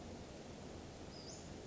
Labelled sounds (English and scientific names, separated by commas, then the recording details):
Western Flycatcher (Empidonax difficilis)
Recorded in Sonoma County, California